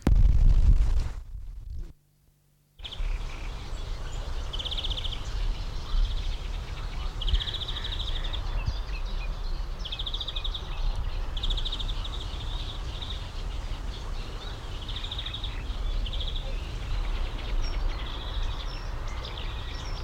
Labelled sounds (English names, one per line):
European Greenfinch